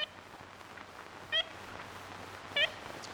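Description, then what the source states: Ivory-billed Woodpecker calls: a few short, nasal, tooting notes spaced a little over a second apart, heard through a steady hiss of background noise. Archival recording made in the 1930s; the species is now thought to be extinct.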